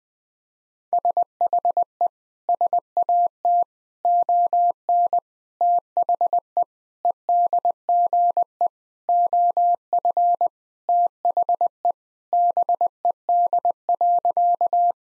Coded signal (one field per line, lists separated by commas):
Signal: Morse code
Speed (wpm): 20 wpm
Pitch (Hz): 700 Hz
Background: none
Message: SHE SAT ON THE EDGE OF THE BED.